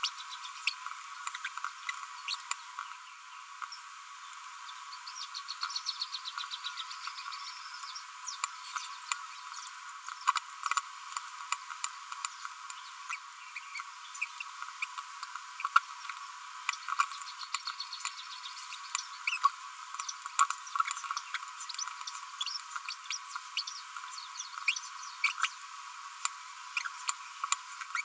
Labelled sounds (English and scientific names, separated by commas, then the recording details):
Green-rumped Parrotlet (Forpus passerinus) babbling
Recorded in a nest box in Venezuela
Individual 18B25A4